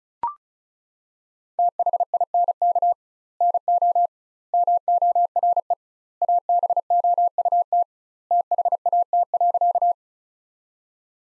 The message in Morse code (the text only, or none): THINK NO MORE ABOUT THAT.